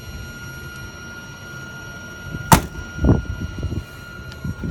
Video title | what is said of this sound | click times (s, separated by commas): Eagle 1-Exterior Walkthrough | a release handle and it'll push back in and lock into place in | 2.5 s